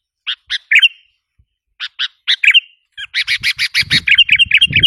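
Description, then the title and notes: Sooty-headed bulbul song of short bright chirps and slurred whistles, pausing midway, then a fast series of repeated notes with a low rumble underneath. "Kicau Burung Kutilang"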